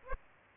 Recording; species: mosquito wingbeat signal from an infrared sensor; Aedes aegypti